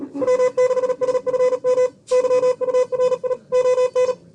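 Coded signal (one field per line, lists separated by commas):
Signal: Morse code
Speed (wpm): 38 wpm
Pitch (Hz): 500 Hz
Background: none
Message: W6SFM YURI ON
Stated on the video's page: Live feed of a club station operating in the NAQP contest.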